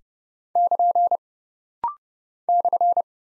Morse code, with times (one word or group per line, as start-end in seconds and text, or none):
0.6-1.2 <KN>
2.5-3.0 /